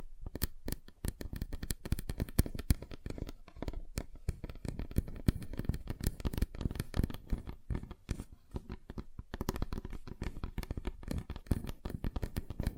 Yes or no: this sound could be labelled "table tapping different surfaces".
yes